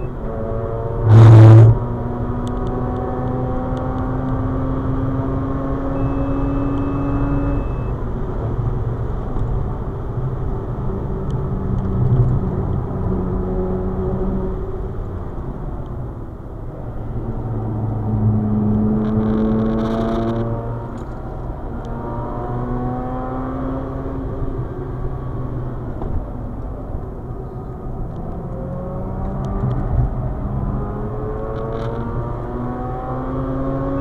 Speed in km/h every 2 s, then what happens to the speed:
140, 150, 159, 162, 144, 136, 136, 107, 94, 99, 104, 118, 96, 74, 85, 105, 124.
0-6 speeds up to 162. 6-16 brakes to 94. 16-23 speeds up to 118. 23-25 brakes to 74. 25-34 speeds up to 124.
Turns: 14-18, 24-29.